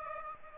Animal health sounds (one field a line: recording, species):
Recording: mosquito wingbeat signal from an infrared sensor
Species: Aedes aegypti